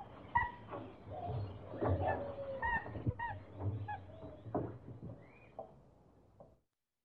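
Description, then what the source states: Chimpanzee screaming in uneven, harmonic bursts, some short and some drawn out, rising and falling over about six seconds before fading out, with a low rumble underneath. Excited chimpanzee screaming.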